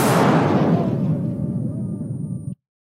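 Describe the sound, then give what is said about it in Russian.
A single loud explosion at a gas station, striking a horde of zombies pressing on an old pier, bursts out with a sharp, bright crack, then settles into a heavy low rumble that holds for over two seconds before cutting off abruptly. “Взрыв прозвучал на заправке, ударив по орде, напирающей на ветхий пирс.”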